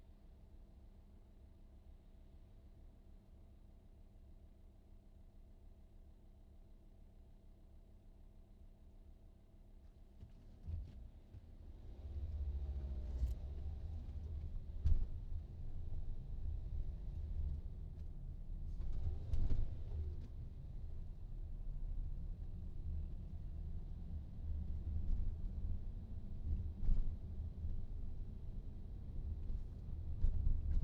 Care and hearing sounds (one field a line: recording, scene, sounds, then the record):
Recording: everyday scene through a hearing-aid microphone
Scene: in a vehicle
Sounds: engine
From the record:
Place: VW T5 Caravelle, diesel engine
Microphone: in the ear canal, right